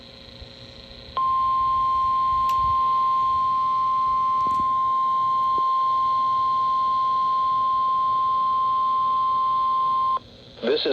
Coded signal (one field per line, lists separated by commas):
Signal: Emergency Alert System (SAME) tones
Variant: 1050 Hz attention tone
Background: speech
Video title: (EAS #1360) Required Weekly Test WXL70 7/22/26